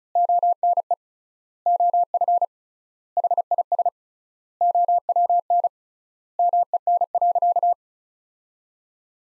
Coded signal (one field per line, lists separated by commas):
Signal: Morse code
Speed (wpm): 36 wpm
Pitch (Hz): 700 Hz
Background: none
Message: ONE OF HIS OWN MEN.